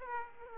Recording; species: mosquito wingbeat signal from an infrared sensor; Aedes aegypti